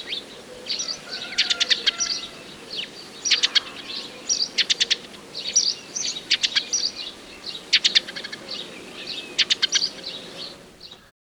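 Birdsong of quick, high, stuttering trills, each a tight burst of repeated notes, delivered about every second and a half with brief pauses between phrases.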